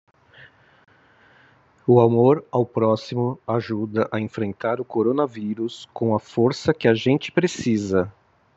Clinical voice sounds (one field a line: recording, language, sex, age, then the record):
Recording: spoken sentence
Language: Brazilian Portuguese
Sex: male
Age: 50 to 59 years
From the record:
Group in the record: control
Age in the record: 54 years